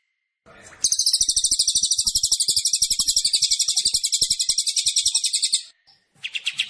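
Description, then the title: Kapas tembak and Cililin: songbird song: an extended high, rapidly pulsed buzzy trill lasting several seconds, then a short pause and a lower burst of quick chirps. Combined songbird-training song of two birds, long duration, clear sound. "Masteran Kombinasi KAPAS TEMBAK VS CILILIN Jernih Durasi Panjang"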